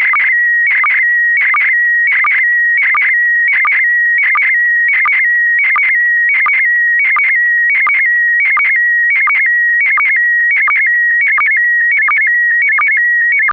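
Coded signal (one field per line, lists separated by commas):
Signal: SSTV (slow-scan television)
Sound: warbling whistle near 2 kHz with quick low blips and raspy bursts throughout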